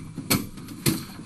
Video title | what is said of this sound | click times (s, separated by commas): Basic Computer Hardware:Desktop Disassembly Then assembly | line up and see if we can lock this in | 0.3 s, 0.9 s